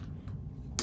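On a Fisher and Paykel Evora full face CPAP mask, the second plastic headgear hook on the other side of the mask frame is pulled back. There is a faint low hum and a soft tick at about 0.3 seconds. The hook then snaps home with a sharp, bright click at 0.8 seconds, seating audibly.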